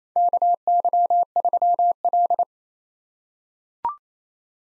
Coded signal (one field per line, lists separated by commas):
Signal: Morse code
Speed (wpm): 28 wpm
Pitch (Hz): 700 Hz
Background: none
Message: KY3L